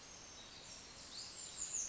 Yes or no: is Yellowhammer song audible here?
no